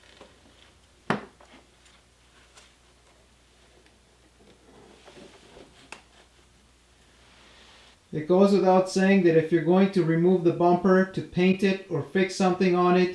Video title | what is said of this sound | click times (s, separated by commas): B7 RS4 - Rear Bumper + Parking Sensors | just click it into place and click the electrical connector back, listening for an audible click. | 1.1 s, 5.9 s